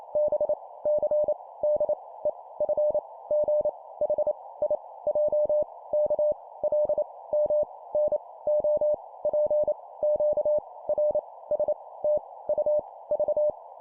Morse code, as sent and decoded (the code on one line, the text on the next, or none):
-... / -.-. / -.. / . / ..-. / --. / .... / .. / .--- / -.- / .-.. / -- / -. / --- / .--. / --.- / .-. / ... / - / ..- / ...-
B C D E F G H I J K L M N O P Q R S T U V